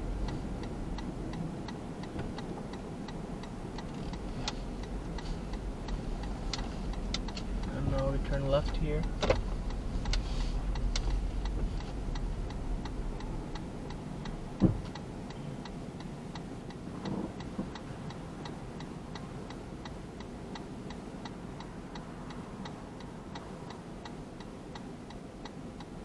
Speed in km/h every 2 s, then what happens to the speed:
0, 0, 0, 7, 7, 6, 0, 0, 0, 0, 0, 0, 0.
0-4 standing. 4-11 steady at about 6. 11-26 standing.